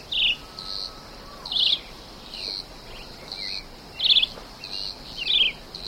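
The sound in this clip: Red-eyed Vireo song: short, slurred whistled phrases, each a quick up-and-down note group, given after short pauses, over a steady high insect hum.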